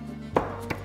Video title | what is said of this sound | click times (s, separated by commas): Evde Espresso Kahve Köşesi Yapmak İçin Gerekenler | yani sizin seçmiş olduğunuz kilo basıncı uygulandığı zaman bu klik sesi duyuluyor. | 0.4 s